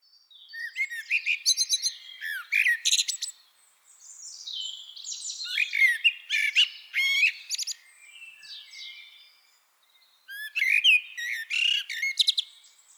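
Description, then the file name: Common blackbird song, three bouts of busy squeaky twittering with soft warbled passages between them. "Turdus merula"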